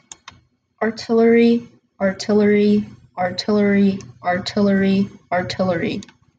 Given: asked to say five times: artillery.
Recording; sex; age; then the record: repeated word; female; 18 to 19 years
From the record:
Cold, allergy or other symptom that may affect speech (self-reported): no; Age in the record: 19 years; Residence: Kentucky, United States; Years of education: 13